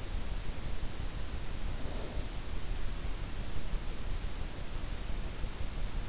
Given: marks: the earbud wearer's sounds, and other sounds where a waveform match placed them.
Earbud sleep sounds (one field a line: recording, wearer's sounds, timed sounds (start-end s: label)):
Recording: sounds in sleep by an in-ear microphone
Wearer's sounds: snoring breath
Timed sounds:
1.80-2.43 s: snoring breath